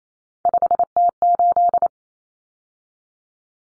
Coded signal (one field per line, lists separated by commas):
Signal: Morse code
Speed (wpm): 28 wpm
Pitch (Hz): 700 Hz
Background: none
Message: 5T8